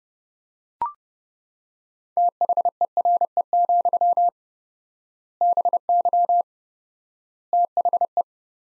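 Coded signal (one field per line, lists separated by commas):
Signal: Morse code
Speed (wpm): 30 wpm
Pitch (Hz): 700 Hz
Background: none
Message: THERE, BY THE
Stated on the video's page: Morse practice of sentences from the top 500 words at 30 wpm with 4x word spacing, a Farnsworth-like method applied to words.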